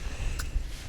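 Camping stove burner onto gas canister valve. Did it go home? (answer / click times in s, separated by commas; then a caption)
yes / 0.4 s. A new camping stove burner is gently screwed onto the threaded valve of a gas canister, with care taken not to cross-thread it. A single short, sharp pop sounds at 0.4 s as it seats onto the thread, over a low background rumble.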